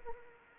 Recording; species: mosquito wingbeat signal from an infrared sensor; Anopheles arabiensis